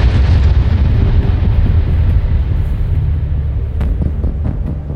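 A distant explosion beside a city tower sends a deep, heavy rumble rolling on steadily for several seconds, loud and dominated by low booming tones, slowly easing off with no voices present.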